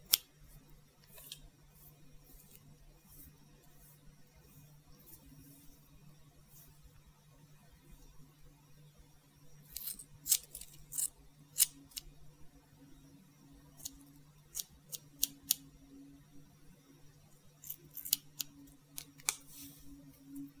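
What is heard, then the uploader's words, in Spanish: Scissors snip during a haircut, with sharp clicks scattered irregularly and bunching into quick runs around the ten-second mark and again near the end. A steady low hum runs underneath throughout, joined by a second droning tone in the latter half. Corte de cabello. Muchos sonido de tijeras.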